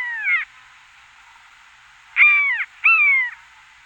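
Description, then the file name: Common buzzard giving three mewing calls, each a short downslurred cry, one at the start and two close together near the end, with silence between. "Maeusebussard"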